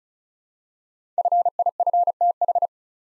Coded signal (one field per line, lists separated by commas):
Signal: Morse code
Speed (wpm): 35 wpm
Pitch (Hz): 700 Hz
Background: none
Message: FIFTH